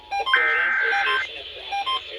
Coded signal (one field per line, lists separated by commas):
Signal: Emergency Alert System (SAME) tones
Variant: header bursts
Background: speech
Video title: EAS #1004-1012: Florida Required Monthly Test for May 2022 || 5/27/22